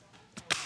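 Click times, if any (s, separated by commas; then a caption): 0.5 s. A detachable keyboard cover is pressed back onto the magnetic connector of a Surface Pro 3 tablet, with a softer tap near 0.4 s and then a sharp, bright click at 0.5 s. The cover seats and locks in place, holding firm even when the tablet is hung upside down.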